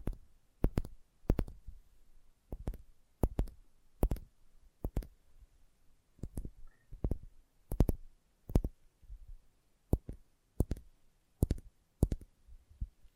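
Sensitive tapping: crisp, bright taps land every half second or so, each with a soft low thud trailing after it. The pace wavers slightly and some taps come in quick pairs. Between them it is nearly silent, with a faint brief tone around six seconds.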